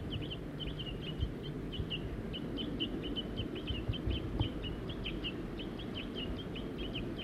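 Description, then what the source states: Crossbills giving quick sharp chips in an irregular stream, with constant low-pitched background rumble. Whole family of four crossbills, adults and juveniles, in Virginia and Table Mountain pines.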